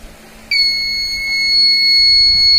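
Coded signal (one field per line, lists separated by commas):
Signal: beep code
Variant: Microtek inverter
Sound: one continuous high-pitched electronic beep that starts after half a second and does not stop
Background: low electrical hum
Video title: Microteck Inverter full dead and long beep sound problem solution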